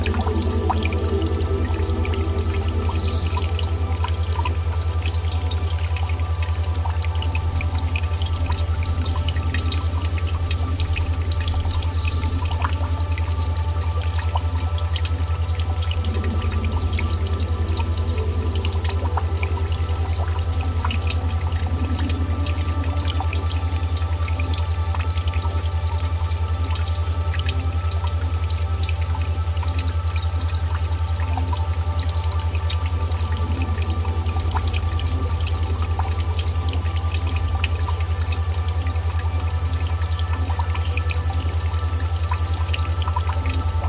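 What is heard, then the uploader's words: Nature sounds blend with relaxing music: a deep, unchanging drone sits low beneath sustained mid-pitched tones. A constant rushing, water-like hiss fills the whole clip, with a few faint bright chirps around 3, 11 and 31 seconds. Nature & Music - Brookside Meditation. This bonus episode has no story, only binaural nature sounds I recorded here at my cabin mixed with relaxing music.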